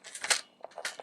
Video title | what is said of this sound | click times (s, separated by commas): Transform Element OP LEADER (Optimus Prime): EmGo's Transformers Reviews N' Stuff | now you can bring all this down and that will lock into place | 0.9 s